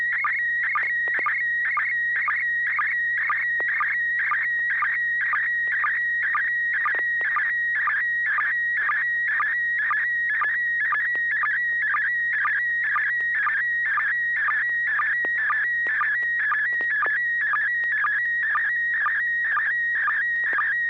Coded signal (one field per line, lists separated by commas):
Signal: SSTV (slow-scan television)